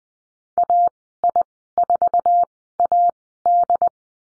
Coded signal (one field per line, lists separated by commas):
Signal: Morse code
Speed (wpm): 20 wpm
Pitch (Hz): 700 Hz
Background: none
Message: AI4AD